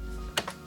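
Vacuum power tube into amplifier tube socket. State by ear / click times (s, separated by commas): seated / 0.4 s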